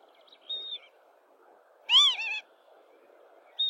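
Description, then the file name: Lapwing giving a single harsh, nasal double note, a loud arched cry followed by a shorter one, with thin high whistles from another bird before and after. "canto do abibe"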